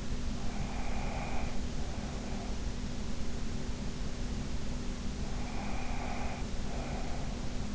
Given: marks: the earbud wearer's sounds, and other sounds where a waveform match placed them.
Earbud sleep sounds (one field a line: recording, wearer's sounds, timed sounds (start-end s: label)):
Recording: sounds in sleep by an in-ear microphone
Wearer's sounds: breath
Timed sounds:
0.46-2.77 s: breath
5.46-7.75 s: breath